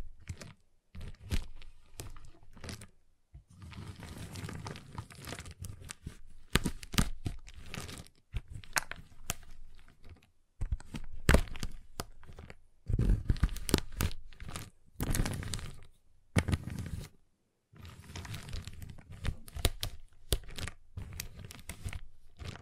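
Sharp taps, crinkles and snapping sounds on a giant chocolate bar, coming in dense bursts separated by brief silences. Crisp clicks and short cracks mix with rustling wrapper noise, with low thuds under some bursts and a few louder snaps around the middle.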